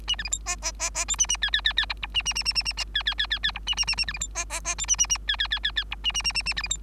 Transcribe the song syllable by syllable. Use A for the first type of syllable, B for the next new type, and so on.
A B C D E E E E F A A G G G G H A A A A A A A G G G G G H A A A A B C D E E E F A A A G G G G G H A A A A A B C D